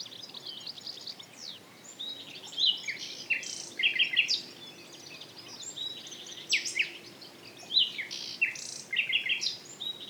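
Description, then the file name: Common nightingale song, varied bursts of rich trills, clicks and whistled notes in several phrases with brief gaps. "Luscinia megarhynchos"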